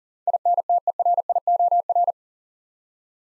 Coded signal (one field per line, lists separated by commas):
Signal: Morse code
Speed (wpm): 38 wpm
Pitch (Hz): 700 Hz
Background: none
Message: INTERIOR